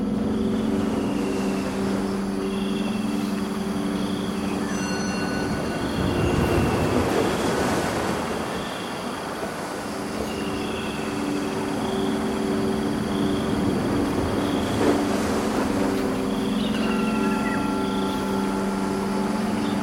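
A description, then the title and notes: Cicadas hum in steady, layered tones through a warm Malaysian night, briefly broken around six to nine seconds by a low passing rumble. Twilight birds giving way to cicadas in the swelter of a night in Sungai Petani, Malaysia.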